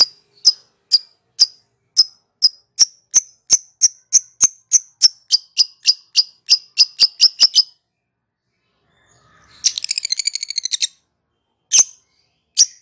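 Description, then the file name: Lovebird chatter, a fast run of sharp high chirps speeding up, then a rattling burst and two more single chirps. Song style called ngekek. "suara burung lovebird ngekek"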